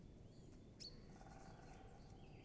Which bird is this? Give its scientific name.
Dendrocopos major